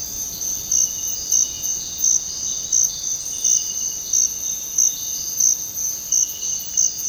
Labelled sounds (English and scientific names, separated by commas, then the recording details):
none
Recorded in dense forest near Puerto Asís, Putumayo, Colombia, on 18 February 2024 at 06:00
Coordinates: 0.486, -76.316
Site G6437